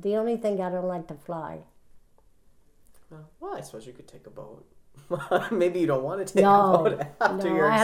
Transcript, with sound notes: The only thing, I don't like to fly.
Well, I suppose you could take a boat. ( he laughs ) Maybe you don't want to take a boat after your experience.